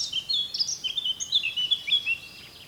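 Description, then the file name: Eurasian blackcap song, a rapid jumble of varied high chirps and short warbled phrases running continuously, with faint background hiss. "Sylvia atricapilla"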